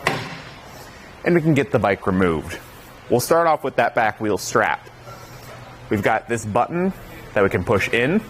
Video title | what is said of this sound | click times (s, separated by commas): etrailer - Fit Check: Kuat Sherpa 2.0 Bike Rack for 2 Bikes on a 2022 Ram 1500 Classic | tilting this back up into place you'll hear it lock in | 0.1 s